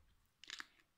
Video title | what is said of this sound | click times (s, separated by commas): Quatorzième vidéo BAL Anniversaire | Et puis hop, je croyais que j'avais tout cassé, mais non, ça s'emboîte. | 0.4 s